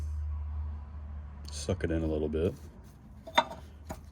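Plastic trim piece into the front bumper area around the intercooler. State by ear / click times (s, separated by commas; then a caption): seated / 3.4 s. After its inner radius was ground down with a rotary tool to fit around a new Cobb front-mount intercooler on a 2015+ Subaru WRX, a plastic trim piece is pushed into place in the front bumper area around the intercooler. Someone talks briefly over a low hum, then a sharp, loud click at 3.4 s marks the trim piece snapping into place and seating.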